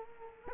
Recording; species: mosquito wingbeat signal from an infrared sensor; Culex quinquefasciatus